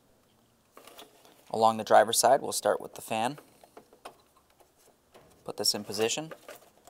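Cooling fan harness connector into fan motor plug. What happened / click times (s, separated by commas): The connector is being positioned but has not clicked home yet / none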